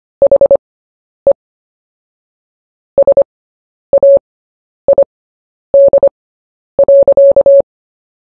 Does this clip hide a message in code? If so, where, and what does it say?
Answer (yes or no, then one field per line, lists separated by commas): yes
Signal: Morse code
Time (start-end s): 0.2-7.6 s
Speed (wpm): 25 wpm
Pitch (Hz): 560 Hz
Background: none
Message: HE SAID.